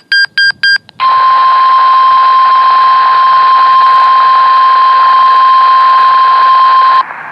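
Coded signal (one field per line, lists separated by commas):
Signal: Emergency Alert System (SAME) tones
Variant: 1050 Hz attention tone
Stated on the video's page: Required weekly test SAME tones received from NOAA weather radio stations KHB49 and WNG655.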